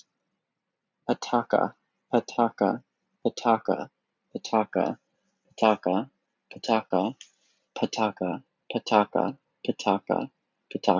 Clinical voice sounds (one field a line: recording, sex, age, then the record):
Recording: repeated syllables /pa ta ka/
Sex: male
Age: 20 to 29 years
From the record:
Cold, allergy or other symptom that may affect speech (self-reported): no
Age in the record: 20 years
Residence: United States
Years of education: 15